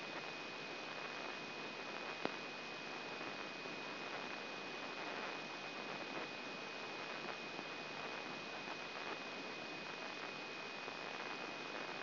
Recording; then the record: brain microelectrode recording played as sound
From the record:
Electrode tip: inside the subthalamic nucleus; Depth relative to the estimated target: 0 mm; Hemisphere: left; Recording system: AlphaMap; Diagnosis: Parkinson's disease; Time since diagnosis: 7 years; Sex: female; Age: 56 years